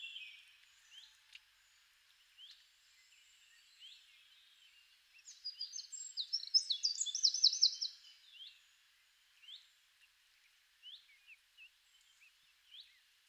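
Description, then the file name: Eurasian wren song, a short, louder burst of rapid high notes and a trill in the middle, with sparse thin chips before and after. "Troglodytes troglodytes"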